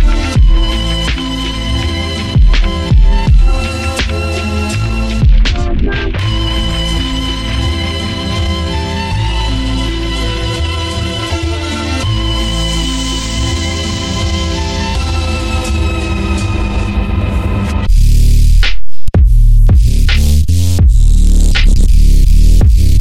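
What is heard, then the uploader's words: An experimental noise piece of dense, layered sustained tones over a heavy low drone, with a bright hiss swelling midway. Brief cutouts break the texture near six seconds, and after eighteen seconds it turns louder and choppier, stuttering with short silent gaps. Some random experiments with noise.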